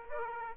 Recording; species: mosquito wingbeat signal from an infrared sensor; Aedes aegypti